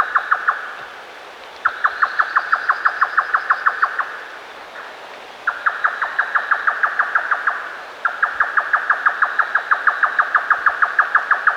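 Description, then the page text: Grey nightjar call: rapid, even series of dry knocking notes, given in bursts of a few seconds separated by short pauses. "Grey Nightjar Call - Quick Sounds"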